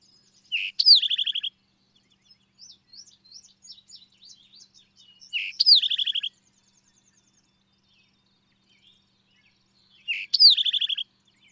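Bird song: three loud phrases, each a rising then falling whistle ending in a fast trill, separated by quieter squeaky twittering.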